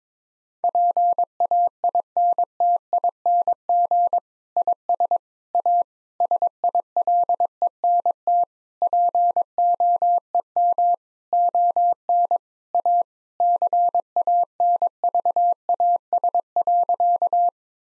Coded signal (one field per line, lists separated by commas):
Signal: Morse code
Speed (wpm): 21 wpm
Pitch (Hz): 700 Hz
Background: none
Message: PAINTING IS A SILENT POEM ON A CANVAS.